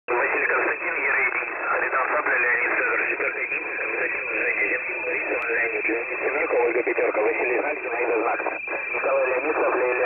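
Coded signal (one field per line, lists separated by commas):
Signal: coded military voice message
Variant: Russian, The Pip (S30)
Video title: The Pip Voice Message February 16, 2021 06:42 UTC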